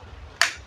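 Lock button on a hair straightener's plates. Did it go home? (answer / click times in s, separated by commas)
yes / 0.4 s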